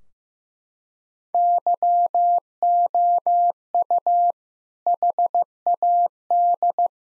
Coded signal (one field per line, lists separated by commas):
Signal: Morse code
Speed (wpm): 16 wpm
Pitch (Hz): 700 Hz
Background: none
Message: YOU HAD